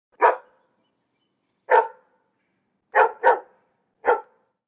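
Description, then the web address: Dog barking, five short, sharp barks in all: two spaced singles, a quick double, then a final bark, with silence between them. Five barks in a row. "SFXSource AOS Dog 5 Brks"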